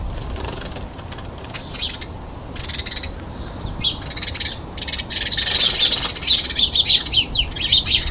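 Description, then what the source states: Common nightingale song, rapid varied phrases of high notes and buzzy trills, quiet at first then loud, fast repeated pulses in the last seconds. Nightingales fighting.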